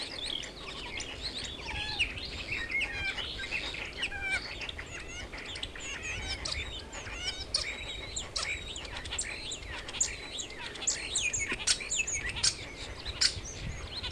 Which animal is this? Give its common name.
European Starling